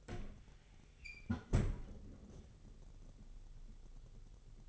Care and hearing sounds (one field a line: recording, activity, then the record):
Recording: daily activity, microphone in the room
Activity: close fridge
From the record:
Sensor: 4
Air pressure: 989.2 hPa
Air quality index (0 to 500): 222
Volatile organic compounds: 80 ppm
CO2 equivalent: 3604 ppm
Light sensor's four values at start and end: 26/90/33/35 and 26/91/33/35